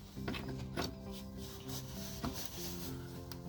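Someone handles a plastic quick-connect fuel line fitting at the metal fuel tank tube, sanded clean, while reinstalling the rear fuel tank on a 1992-97 Ford F150. Rubbing and scraping sounds with brief sharp taps near 0.3, 2.2 and 3.3 seconds play over a steady tonal hum. Nothing has seated or clicked yet.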